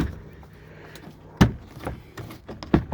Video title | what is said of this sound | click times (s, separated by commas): 2019 Toyota Rav4 How to install Curt 56434 Custom Wiring Harness | and you will hear a click click. All these clips are going to come out. | 1.4 s, 2.6 s, 2.7 s